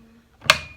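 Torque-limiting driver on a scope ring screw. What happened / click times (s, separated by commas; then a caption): The torque driver clicked at its set limit / 0.5 s. A torque-limiting driver gives a sharp, loud click at 0.5 s on a scope ring screw while a Vortex rifle scope is mounted onto a Browning A-Bolt 2 300WSM, preceded by a faint low scrape and followed by a short ringing decay. The driver has clicked at its setting and the screw is done, following the instructions' three clicks.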